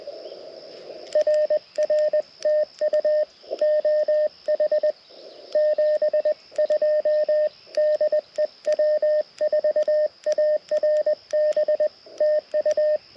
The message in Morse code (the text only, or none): RR TU OH 72 DE W4ARB TU